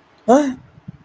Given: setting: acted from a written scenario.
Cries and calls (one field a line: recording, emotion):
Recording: vocal sound without words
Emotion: negative surprise